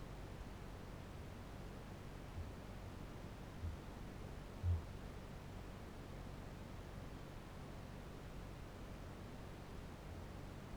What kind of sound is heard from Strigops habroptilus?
boom